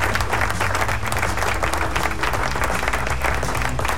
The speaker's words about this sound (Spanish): Así que aplausos.